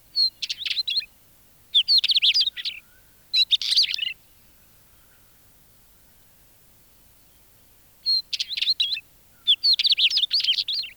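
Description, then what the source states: Northern Wheatear song of five short, jumbled phrases of whistles and harsh crackling notes, three close together, then a pause of about four seconds before two more. Field recording released on cassette in Finland in 1987.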